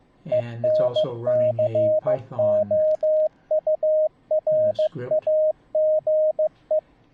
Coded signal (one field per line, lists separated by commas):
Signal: Morse code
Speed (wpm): 15 wpm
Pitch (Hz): 620 Hz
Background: speech, radio noise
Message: ENCOURAGE